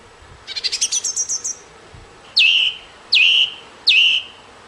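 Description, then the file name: Thrush song: a rapid trill of high notes, then three loud, identical downslurred whistles evenly spaced. "طائر السمنة"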